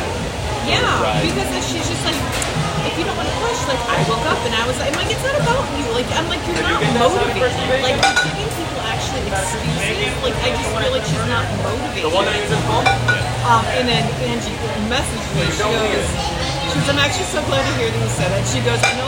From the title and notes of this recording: Sunday breakfast out in Phoenix, Arizona. The sounds of the kitchen preparing meals, dishes and utensils clanging about, and some light conversation from the cooks. Restaurant sounds.